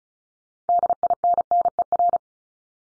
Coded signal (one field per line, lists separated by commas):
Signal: Morse code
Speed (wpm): 36 wpm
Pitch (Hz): 700 Hz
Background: none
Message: DINNER